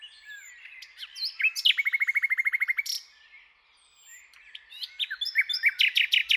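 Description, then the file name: Common nightingale song: varied chirps lead into a rapid, even trill of repeated notes, a quiet gap, then another phrase of loud repeated notes. "Luscinia megarhynchos"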